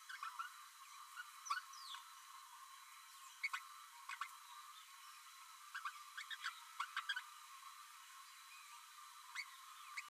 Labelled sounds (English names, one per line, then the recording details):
Green-rumped Parrotlet babbling
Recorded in a nest box in Venezuela
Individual 18B12A3